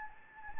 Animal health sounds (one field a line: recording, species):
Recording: mosquito wingbeat signal from an infrared sensor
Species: Anopheles gambiae